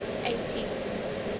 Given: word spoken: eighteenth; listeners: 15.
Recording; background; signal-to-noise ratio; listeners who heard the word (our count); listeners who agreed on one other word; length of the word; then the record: one English word in noise, from a listening test; speech-shaped noise; -4.8 dB; 3 of 15; 6 of 15; 1.00 s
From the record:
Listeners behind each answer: 6, 6, 3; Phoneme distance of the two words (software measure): 7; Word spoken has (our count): 2 syllables, 5 phonemes, stress on syllable 1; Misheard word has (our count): 2 syllables, 4 phonemes, stress on syllable 1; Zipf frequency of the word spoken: 2.36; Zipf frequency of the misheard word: 2.85